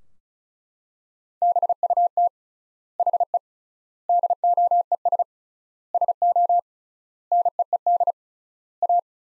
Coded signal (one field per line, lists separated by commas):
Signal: Morse code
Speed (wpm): 34 wpm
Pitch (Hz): 700 Hz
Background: none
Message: BUT HE DOES SO NEED A